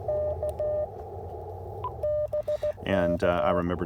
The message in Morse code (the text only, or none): K BK